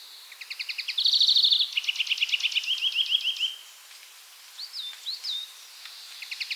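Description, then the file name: European greenfinch delivering about three seconds of rapid twittering trills and rattles, followed by a pair of whistled notes and the start of another trill. "Chloris chloris"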